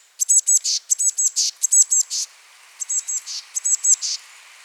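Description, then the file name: Eurasian blue tit calling: five quick phrases, each three thin high notes followed by a short buzzy churr, with a brief pause before the last two. "Cyanistes caeruleus"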